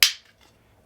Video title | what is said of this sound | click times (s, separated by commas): iPhone 14 Pro Case - OtterBox Defender PRO! | and there we go and now it's locked into place and what that's going to allow you to do is | 0.0 s